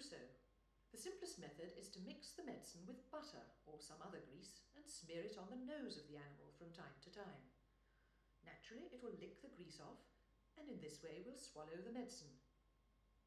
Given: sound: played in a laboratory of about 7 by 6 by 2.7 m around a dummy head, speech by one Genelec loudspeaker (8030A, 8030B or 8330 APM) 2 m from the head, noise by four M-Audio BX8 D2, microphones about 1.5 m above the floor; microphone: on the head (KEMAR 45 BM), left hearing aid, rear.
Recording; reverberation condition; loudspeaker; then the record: female speech in English; medium; 90 degrees to the left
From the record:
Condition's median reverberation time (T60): about 510 ms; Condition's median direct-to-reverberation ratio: about -0.5 dB